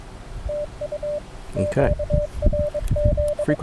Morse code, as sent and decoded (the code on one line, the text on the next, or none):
- ..- / --.- .-. --..
TU QRZ